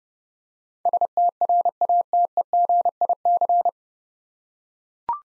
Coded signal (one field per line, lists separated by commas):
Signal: Morse code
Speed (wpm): 31 wpm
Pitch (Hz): 700 Hz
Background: none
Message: STRATEGIC